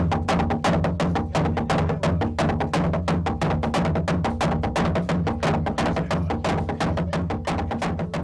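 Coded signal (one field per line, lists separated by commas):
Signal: drum signal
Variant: garamut slit drums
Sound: fast, continuous hollow wooden drum strokes, several drums overlapping, steady rhythm throughout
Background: low background hum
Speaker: Los enormes garamut anuncian el comienzo de la ceremonia nada más caer el sol.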